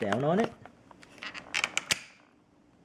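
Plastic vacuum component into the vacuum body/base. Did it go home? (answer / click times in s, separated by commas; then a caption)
yes / 1.8 s. A plastic component is pushed down into the body of a Shark Navigator Lift-Away upright vacuum during assembly. Someone talks briefly, then a run of short plastic clicks and knocks follows, with the locking click at 1.8 seconds as the part seats into place.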